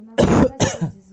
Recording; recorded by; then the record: voluntary cough; messaging app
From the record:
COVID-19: negative